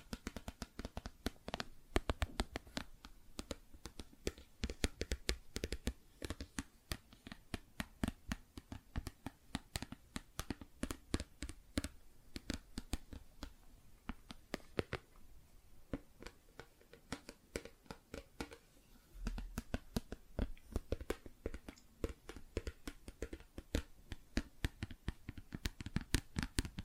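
Plastic objects are tapped and scratched in a steady, busy stream of short, sharp clicks and ticks, packed close together with irregular timing. A few brief lulls break the pattern, around fifteen and nineteen seconds, before the dense tapping resumes.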